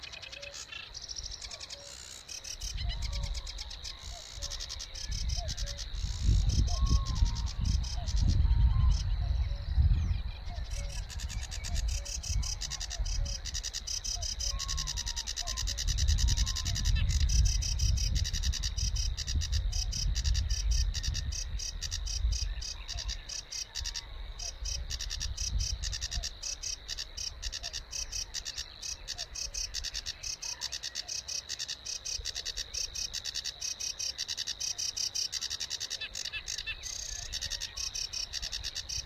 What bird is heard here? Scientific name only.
Acrocephalus schoenobaenus